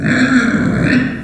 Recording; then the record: squeal of a Yucatan mini pig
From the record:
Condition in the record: after surgery on the right vocal fold (resection and tissue-engineered implant); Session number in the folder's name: 4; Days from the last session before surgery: 26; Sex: female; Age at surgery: 19 weeks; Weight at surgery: 25 kg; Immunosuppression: prednisolone